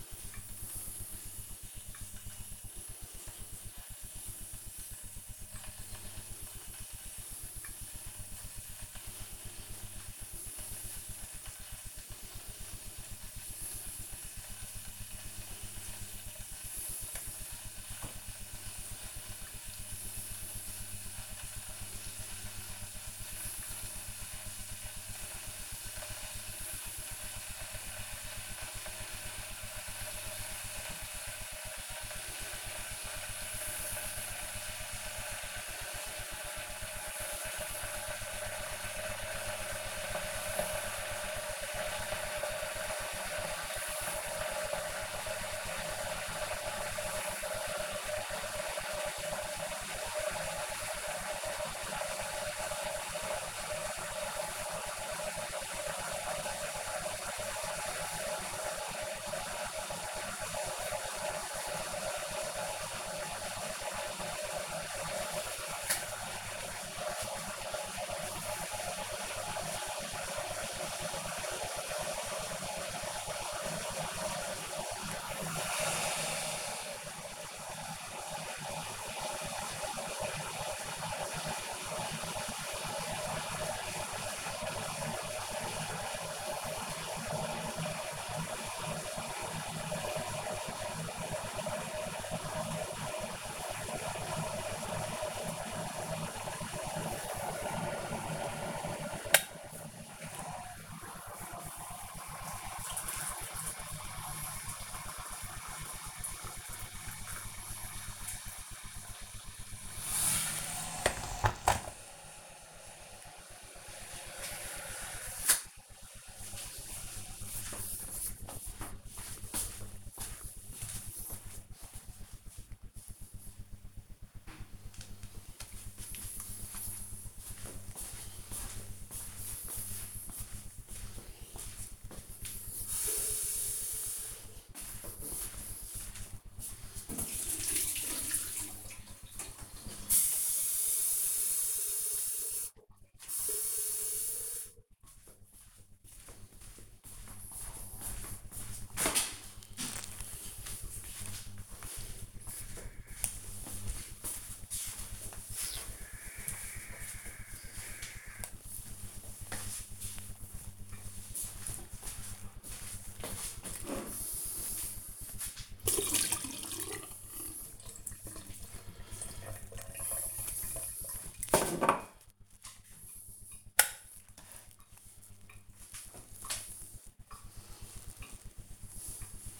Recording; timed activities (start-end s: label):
household activities, microphone on the right wrist
0.00-112.15 s: making tea
173.55-179.60 s: making tea